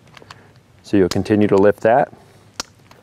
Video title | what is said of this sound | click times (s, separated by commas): Learn To Place Tourniquets Like A PROFESSIONAL! | and it'll click in place and won't let any of that slack back out | 2.6 s